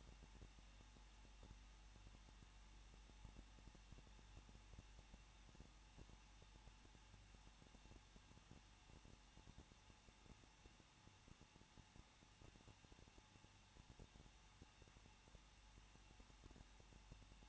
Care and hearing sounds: daily activity, microphone in the room; no activity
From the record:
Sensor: 1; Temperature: 20.1 degrees Celsius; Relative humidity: 39.2%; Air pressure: 1006.3 hPa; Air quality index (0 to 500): 217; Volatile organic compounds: 77 ppm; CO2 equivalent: 3578 ppm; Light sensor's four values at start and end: 1/2/1/1 and 1/2/1/1

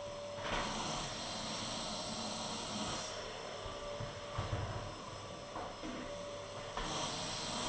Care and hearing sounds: daily activity, microphone in the room; vacuum cleaning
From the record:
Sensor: 4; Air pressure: 1011.1 hPa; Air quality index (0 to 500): 150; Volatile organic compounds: 3 ppm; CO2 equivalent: 1532 ppm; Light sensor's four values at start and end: 87/232/97/101 and 86/231/96/101

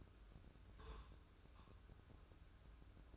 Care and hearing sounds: daily activity, microphone in the room; take from stove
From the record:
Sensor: 2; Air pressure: 995.3 hPa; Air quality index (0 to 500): 79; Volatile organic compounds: 3 ppm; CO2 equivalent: 1400 ppm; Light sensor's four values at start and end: 23/74/29/27 and 23/74/29/27

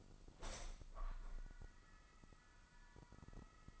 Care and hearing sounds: daily activity, microphone in the room; open window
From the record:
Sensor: 5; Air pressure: 1004.7 hPa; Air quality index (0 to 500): 81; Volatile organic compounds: 1 ppm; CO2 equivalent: 966 ppm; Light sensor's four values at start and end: 33/78/31/31 and 33/78/31/31

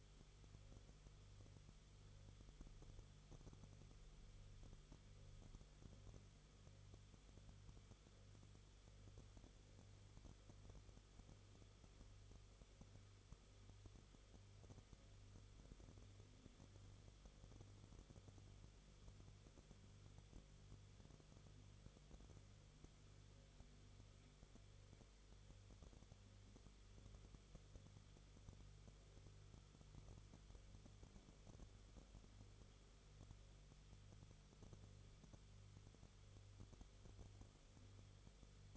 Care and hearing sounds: daily activity, microphone in the room; no activity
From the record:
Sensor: 4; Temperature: 22.9 degrees Celsius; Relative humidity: 34.4%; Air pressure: 1011.5 hPa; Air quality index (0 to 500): 193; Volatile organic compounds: 13 ppm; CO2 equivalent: 2386 ppm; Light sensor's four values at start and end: 2/3/1/1 and 2/3/1/1

